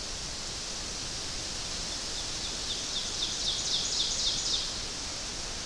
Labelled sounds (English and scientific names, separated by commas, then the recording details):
Ovenbird (Seiurus aurocapilla) song
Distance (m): 50 m
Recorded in boreal forest in Alberta, Canada, on 12 June 2016 at 06:08
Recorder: SongMeter 3, array SBT-3-18
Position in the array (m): 229 m, 89 m
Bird 31